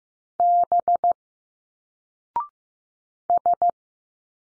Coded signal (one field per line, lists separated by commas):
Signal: Morse code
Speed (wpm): 15 wpm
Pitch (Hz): 700 Hz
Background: none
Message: B S